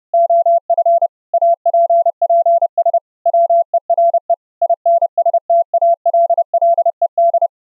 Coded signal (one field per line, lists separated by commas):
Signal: Morse code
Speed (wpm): 30 wpm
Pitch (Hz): 680 Hz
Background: none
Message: OF APPS WERE INSTALLED